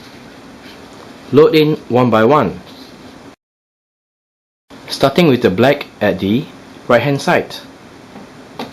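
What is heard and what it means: Someone talks while plastic ink cartridges are loaded one by one into the carriage slots of an HP OfficeJet Pro 9020/9022/9025/9028 inkjet printer, starting with the black cartridge on the right-hand side. There is a gap of silence in the middle and a brief sharp sound at 8.6 s at the very end. No cartridge has snapped or seated into place yet.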